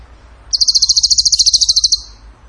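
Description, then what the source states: Bird song: a single fast, evenly pulsed high trill lasting about one and a half seconds. Masteran training recording; tembakan gacor song style.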